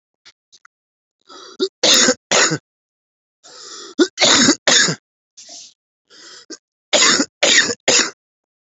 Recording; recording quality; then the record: heavy voluntary cough; excellent, no background noise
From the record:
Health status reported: respiratory illness, not identified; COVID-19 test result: negative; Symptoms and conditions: cough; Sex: male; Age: 28 years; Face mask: not worn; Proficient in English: no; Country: India